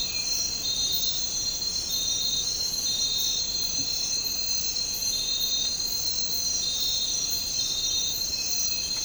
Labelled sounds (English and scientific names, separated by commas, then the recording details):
none
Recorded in dense forest near Puerto Asís, Putumayo, Colombia, on 13 March 2025 at 03:30
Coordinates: 0.467, -76.328
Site G041